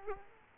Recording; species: mosquito wingbeat signal from an infrared sensor; Aedes aegypti